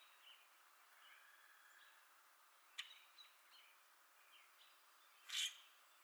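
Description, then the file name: Common grackle call: one harsh, abrupt chack note late after a few thin clicks, with faint bird twitters in the background. Recorded on 4 April 2021. "2021-04-04 Com Grackle"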